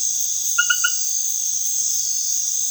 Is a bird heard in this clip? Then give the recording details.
no. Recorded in dense forest near Puerto Asís, Putumayo, Colombia, on 19 February 2024 at 22:00. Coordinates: 0.505, -76.324. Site G6467